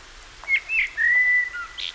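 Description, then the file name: Common blackbird with a short run of fluted whistles, one long level note followed by a brief higher twitter at the end. "Turdus merula"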